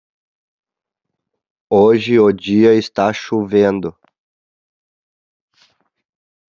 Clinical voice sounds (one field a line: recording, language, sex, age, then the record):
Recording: spoken sentence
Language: Brazilian Portuguese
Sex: male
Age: 20 to 29 years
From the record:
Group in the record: control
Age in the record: 27 years